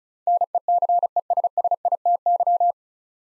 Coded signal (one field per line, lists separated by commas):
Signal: Morse code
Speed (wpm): 36 wpm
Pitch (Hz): 700 Hz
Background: none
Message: NECESSITY